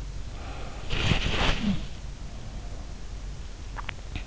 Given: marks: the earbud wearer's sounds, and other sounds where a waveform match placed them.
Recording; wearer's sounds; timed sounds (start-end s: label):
sounds in sleep by an in-ear microphone; body movement, swallowing
0.60-1.80 s: body movement
3.72-4.27 s: swallowing